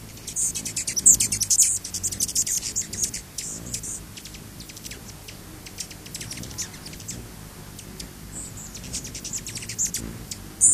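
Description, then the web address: Rufous hummingbird chip calls: sharp, high ticking notes in scattered runs, some clustered rapidly, then sparser, with faint low background noise. "Songs of Birds of North America Stokes. Rufous Hummingbird"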